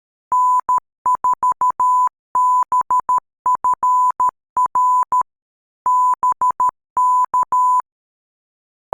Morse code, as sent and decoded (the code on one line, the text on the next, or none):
-. ....- -... ..-. .-. / -... -.-
N4BFR BK